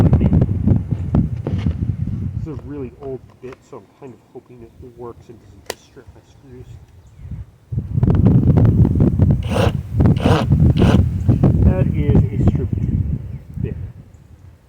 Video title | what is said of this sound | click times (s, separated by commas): Building a chicken coop part 1: Foundation | okay I will be back with a bit that isn't stripped out of there | none